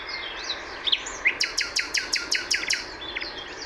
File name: Luscinia megarhynchos